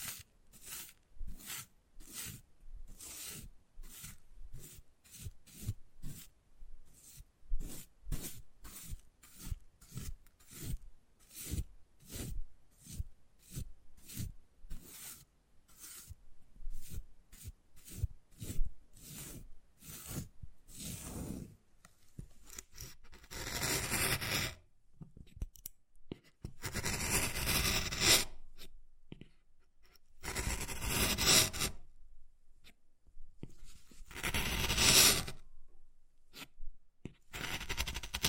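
Wood carving with quick, regular tapping and scratching strokes for the first twenty seconds, then longer, rougher scraping passes with short pauses between.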